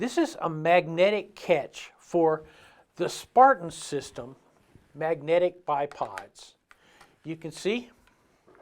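Someone talks while handling a Spartan system magnetic bipod near the magnetic catch mounted on a rifle's fore-end, with a few faint handling noises near the end around 8.1 to 8.5 seconds. Nothing has seated or clicked yet; the clip ends before the bipod snaps onto the catch.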